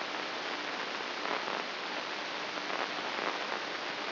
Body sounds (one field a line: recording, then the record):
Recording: brain microelectrode recording played as sound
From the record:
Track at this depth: outside the subthalamic nucleus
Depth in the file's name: 3.044 mm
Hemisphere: left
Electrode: 2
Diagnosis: Parkinson's disease